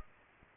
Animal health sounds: mosquito wingbeat signal from an infrared sensor; Aedes aegypti

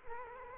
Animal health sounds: mosquito wingbeat signal from an infrared sensor; Culex quinquefasciatus

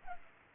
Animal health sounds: mosquito wingbeat signal from an infrared sensor; Culex pipiens

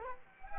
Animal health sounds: mosquito wingbeat signal from an infrared sensor; Culex quinquefasciatus

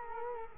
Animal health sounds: mosquito wingbeat signal from an infrared sensor; Culex quinquefasciatus

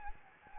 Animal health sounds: mosquito wingbeat signal from an infrared sensor; Anopheles gambiae

